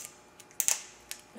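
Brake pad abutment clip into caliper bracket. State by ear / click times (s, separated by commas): seated / 0.6 s, 0.7 s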